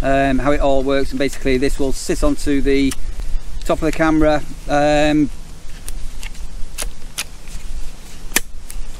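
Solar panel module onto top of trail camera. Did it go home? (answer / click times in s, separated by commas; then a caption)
yes / 8.4 s. A detachable solar panel unit for a Voopeak TC07 solar hunting camera is pushed down onto the top of the plastic trail camera housing while someone talks. Several small plastic knocks follow, then the loudest sharp hit at 8.4 s, when the panel clicks into place and is seated.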